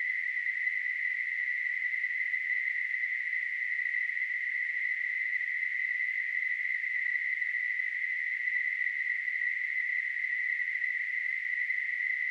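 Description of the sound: A steady, unbroken hiss narrowly centered around a high-middle pitch of about 2 kHz continues evenly for twelve seconds without pulsing. It is a simulated tinnitus sound, imitating the constant ringing or hissing noise a person with tinnitus perceives.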